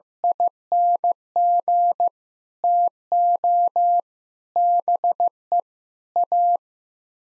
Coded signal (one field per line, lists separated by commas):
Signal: Morse code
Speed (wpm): 15 wpm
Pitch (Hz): 700 Hz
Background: none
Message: ING TO BE A